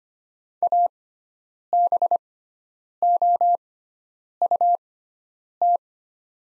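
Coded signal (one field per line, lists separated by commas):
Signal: Morse code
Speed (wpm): 25 wpm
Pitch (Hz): 700 Hz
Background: none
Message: ABOUT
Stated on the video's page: Morse practice of the top 100 words at 25 wpm with sixfold character spacing, Farnsworth-style timing.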